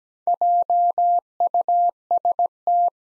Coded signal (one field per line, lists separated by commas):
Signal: Morse code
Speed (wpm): 17 wpm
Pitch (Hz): 700 Hz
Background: none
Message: JUST